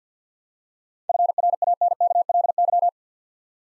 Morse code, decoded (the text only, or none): FRANKLY